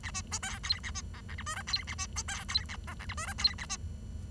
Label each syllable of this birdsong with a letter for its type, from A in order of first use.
A B C D E A B F G H I J E A B C D E A F G H I J E A B